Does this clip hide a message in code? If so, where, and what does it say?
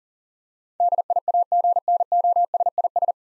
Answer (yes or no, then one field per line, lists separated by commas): yes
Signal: Morse code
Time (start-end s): 0.8-3.1 s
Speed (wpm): 37 wpm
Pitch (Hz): 700 Hz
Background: none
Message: DIAGNOSIS